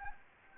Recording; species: mosquito wingbeat signal from an infrared sensor; Anopheles gambiae